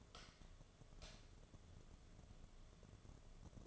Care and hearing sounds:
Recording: daily activity, microphone in the room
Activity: light on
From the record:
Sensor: 4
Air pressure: 1011.1 hPa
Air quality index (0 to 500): 148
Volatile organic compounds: 3 ppm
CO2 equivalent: 1510 ppm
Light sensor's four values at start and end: 125/327/138/143 and 125/330/139/144

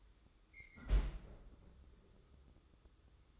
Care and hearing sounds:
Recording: daily activity, microphone in the room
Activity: close fridge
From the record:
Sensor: 3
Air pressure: 995.3 hPa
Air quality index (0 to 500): 76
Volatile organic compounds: 5 ppm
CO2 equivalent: 1798 ppm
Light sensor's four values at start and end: 19/56/24/20 and 19/56/24/20

